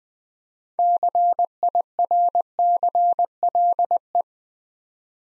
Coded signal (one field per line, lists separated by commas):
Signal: Morse code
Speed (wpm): 20 wpm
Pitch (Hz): 700 Hz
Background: none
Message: CIRCLE